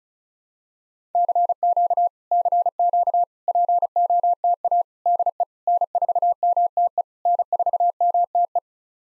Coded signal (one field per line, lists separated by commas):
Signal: Morse code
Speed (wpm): 37 wpm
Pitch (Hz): 700 Hz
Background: none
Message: CQ CQ POTA DE N4MTE N4MTE